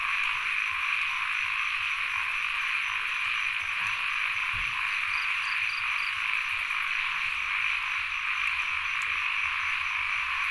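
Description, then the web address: Frogs calling in a thick continuous chorus, rasping high hum steady throughout, a few faint pulsed chirps on top. Field recording, frogs and insects together, at Sen Monorom, Cambodia. "NOISE ON EARTH Vol 1 CAMBODIA Les Cartes Postales Sonores - Insects Frogs of Sen Monorom"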